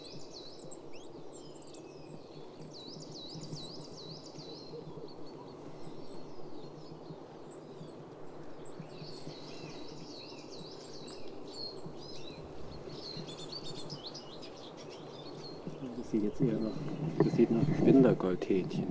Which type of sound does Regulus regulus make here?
call